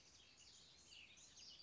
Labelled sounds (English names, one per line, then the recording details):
House Wren
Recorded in Sonoma County, California